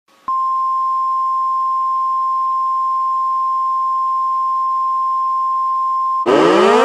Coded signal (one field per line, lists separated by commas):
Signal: Emergency Alert System (SAME) tones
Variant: 1050 Hz attention tone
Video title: ⚠️Rating EAS (A-Z) #4⚠️